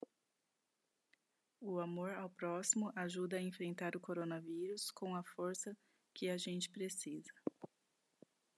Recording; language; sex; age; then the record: spoken sentence; Brazilian Portuguese; female; 30 to 39 years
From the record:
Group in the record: control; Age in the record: 35 years